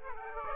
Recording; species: mosquito wingbeat signal from an infrared sensor; Aedes aegypti